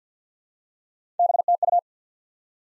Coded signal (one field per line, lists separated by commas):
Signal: Morse code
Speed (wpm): 46 wpm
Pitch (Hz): 700 Hz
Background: none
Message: BTU